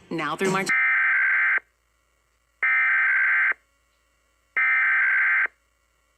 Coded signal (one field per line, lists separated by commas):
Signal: Emergency Alert System (SAME) tones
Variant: header bursts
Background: speech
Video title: Iowa EAS Required Monthly Tests (March 6, 2019)